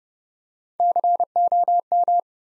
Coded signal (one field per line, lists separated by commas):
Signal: Morse code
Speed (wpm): 30 wpm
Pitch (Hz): 700 Hz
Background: none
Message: COM